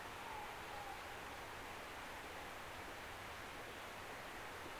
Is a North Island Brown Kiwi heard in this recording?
no